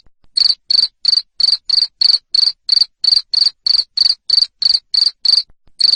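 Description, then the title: Cricket chirping loudly, a string of high buzzy pulses at an even pace of about three per second, starting after a short quiet. Loud cricket chirping (ngerik) to stimulate lovebirds into continuous singing (ngekek). "Suara JANGKRIK NGERIK Keras Bikin LOVEBIRD Jadi NGEKEK Terus Vubey"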